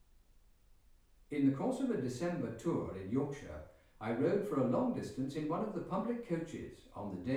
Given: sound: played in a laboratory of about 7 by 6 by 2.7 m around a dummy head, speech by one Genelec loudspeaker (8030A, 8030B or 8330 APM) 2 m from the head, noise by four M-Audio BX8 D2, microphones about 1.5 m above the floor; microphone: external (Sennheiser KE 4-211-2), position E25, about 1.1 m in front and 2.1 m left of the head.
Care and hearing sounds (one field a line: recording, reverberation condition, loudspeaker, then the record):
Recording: male speech in English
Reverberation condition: medium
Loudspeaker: 60 degrees to the right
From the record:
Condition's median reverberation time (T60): about 510 ms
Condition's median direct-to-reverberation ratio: about -0.5 dB